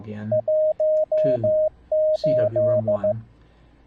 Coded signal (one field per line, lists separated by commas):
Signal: Morse code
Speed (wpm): 15 wpm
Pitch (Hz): 620 Hz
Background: speech, radio noise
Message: 18